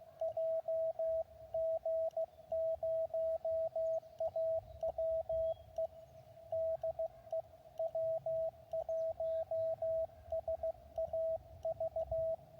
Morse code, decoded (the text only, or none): JG0AWE DE W1SAV